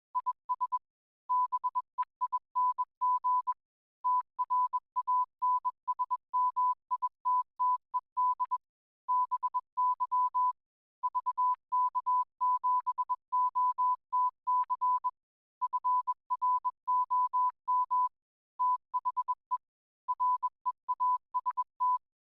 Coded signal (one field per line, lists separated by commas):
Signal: Morse code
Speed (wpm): 22 wpm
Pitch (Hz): 1000 Hz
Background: none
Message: IS BEING TRANSMITTED BY VK7OTC FROM THE REAST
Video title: Surf Life Saving Tasmania Radio Network